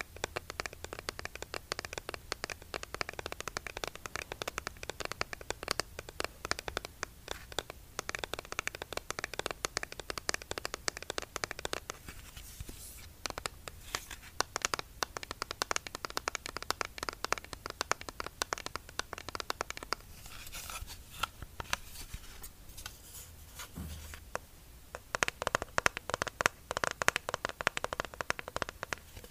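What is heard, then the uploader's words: Rapid, crisp fingernail tapping on an eyeshadow palette runs throughout, briefly thinning near 13 and 21 seconds before returning denser and louder. Asmr eyeshadow tapping.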